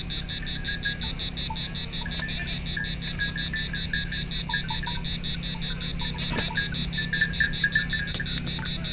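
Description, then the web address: Cicada chorus: a continuous pulsing buzzy rasp throbbing several times a second, with a few faint high chirps and a low background hum. Two cicadas recorded on Thassos, Greece, in 2016. "hanggyujtemeny gorogtaj thassos 2016 ketkaboca kecskekrovarok kecskesut"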